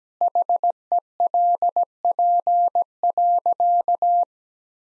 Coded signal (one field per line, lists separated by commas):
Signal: Morse code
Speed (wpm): 17 wpm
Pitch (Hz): 700 Hz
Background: none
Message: HELP.